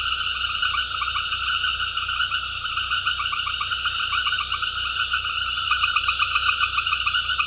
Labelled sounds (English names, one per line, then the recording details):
none
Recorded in dense forest near Puerto Asís, Putumayo, Colombia, on 19 February 2024 at 19:00
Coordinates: 0.487, -76.319
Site G6403